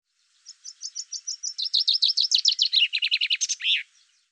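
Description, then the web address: Common chaffinch song: thin high notes speed into a cascading, descending trill of sweet chips, then end in a bright, emphatic terminal flourish. "Deverinetal 2025 File cleaned normalized Bird Fr Co"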